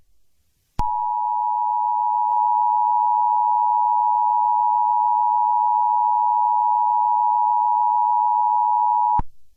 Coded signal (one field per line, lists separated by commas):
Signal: Emergency Alert System (SAME) tones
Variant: 853 and 960 Hz attention tone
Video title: EAS Scenario #6: Your death wish came true (Puss In Boots)